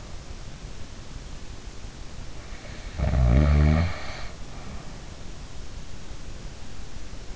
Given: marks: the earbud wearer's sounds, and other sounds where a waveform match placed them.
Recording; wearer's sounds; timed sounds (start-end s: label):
sounds in sleep by an in-ear microphone; snoring breath
2.87-5.04 s: snoring breath